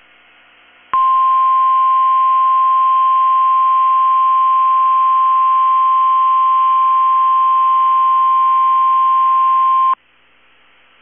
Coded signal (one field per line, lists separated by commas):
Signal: Emergency Alert System (SAME) tones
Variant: 1050 Hz attention tone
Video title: 7/19/23 - KEC65 Required Weekly Test (EAS #824)